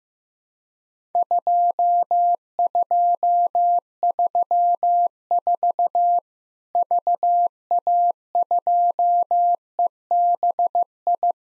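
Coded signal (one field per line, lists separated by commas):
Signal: Morse code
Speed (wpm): 15 wpm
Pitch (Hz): 700 Hz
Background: none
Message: 2234 VA2EBI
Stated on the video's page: Worked All Europe DX contest QTC exchange copying drill at 15wpm, sent in Morse, spoken, then sent again.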